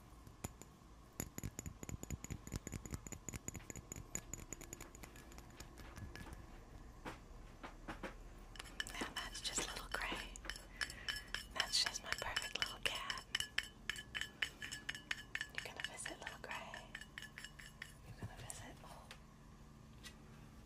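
Icy, frozen triggers: a steady run of sharp taps, clicks and glassy clinks, like ice knocking against hard dishes. The tapping stays quick and irregular throughout, growing busier and brighter from about nine to thirteen seconds, with a few ringing clinks standing out.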